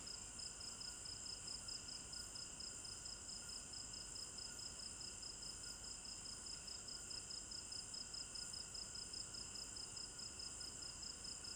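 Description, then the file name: Dense cricket chorus, high-pitched beats repeating evenly over a constant shrill insect background. Recorded at night in a village garden in Africa; binaural stereo recording. "African-Village Garden Night Crickets 02 Stereo-Binaural"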